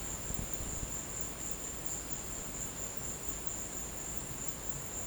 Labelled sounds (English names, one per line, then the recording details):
none
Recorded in dense forest near Puerto Asís, Putumayo, Colombia, on 22 December 2024 at 15:00
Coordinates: 0.484, -76.317
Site G026